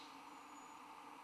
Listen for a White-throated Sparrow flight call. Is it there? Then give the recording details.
no. No flight call is heard. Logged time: 08:45 on 15 December 2014